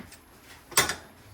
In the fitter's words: And then when they lay back down, they're gonna basically lock into place.